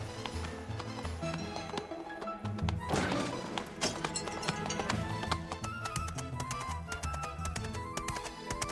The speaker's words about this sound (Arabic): إنه حماري. لما يركض بطريقة جنونية؟